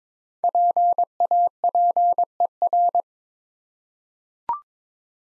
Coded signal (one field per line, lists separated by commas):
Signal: Morse code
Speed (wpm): 23 wpm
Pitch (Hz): 700 Hz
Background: none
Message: PAPER